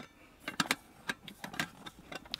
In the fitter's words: it locks into place just like so you squeeze it to release it